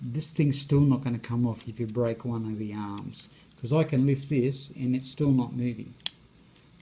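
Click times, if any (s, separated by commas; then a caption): 6.6 s, 6.8 s. A 3D-printed clip-on camera clamp and visor, held on a drone body by several clips, is pushed onto the drone while someone talks. It clicks into place with sharp clicks at 6.6 s and 6.8 s and is seated firmly.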